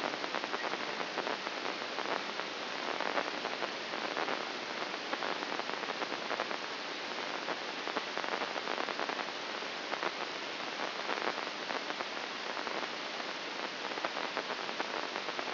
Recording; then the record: brain microelectrode recording played as sound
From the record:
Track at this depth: inside the subthalamic nucleus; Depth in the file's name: 5.029 mm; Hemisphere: left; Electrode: 2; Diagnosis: Parkinson's disease